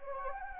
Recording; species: mosquito wingbeat signal from an infrared sensor; Anopheles gambiae